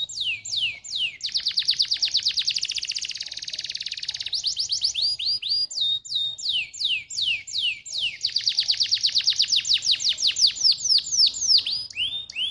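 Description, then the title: Atlantic canary song, a continuous run of rapid trills, buzzy rolls and repeated downslurred whistles, fast and varied throughout. Canary song played to warm up and stimulate canaries so they start singing. "Canto Para Esquentar Canário Belga. SUARA MASTERAN AMPUH BANYAK BURUNG KENARI CEPAT BUNYI GACOR DENGAN SUARA KENARI INI"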